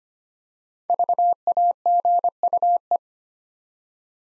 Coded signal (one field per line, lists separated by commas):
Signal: Morse code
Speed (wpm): 25 wpm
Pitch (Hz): 700 Hz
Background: none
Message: VAGUE